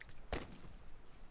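impact, rifle shot

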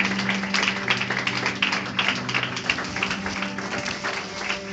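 crowd, audience applause

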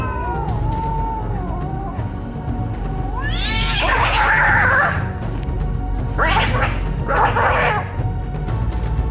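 animal, cat meowing

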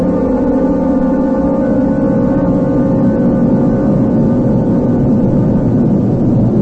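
vehicle, car engine driving

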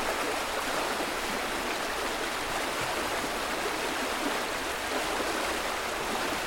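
nature, rain falling

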